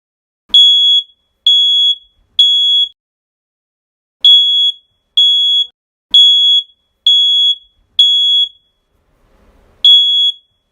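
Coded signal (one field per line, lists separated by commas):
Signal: alarm pattern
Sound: shrill high half-second alarm beeps: three, a short pause, five more, then another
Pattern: 3 beeps, 5 beeps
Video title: Fire Alarm Beep Sound Effect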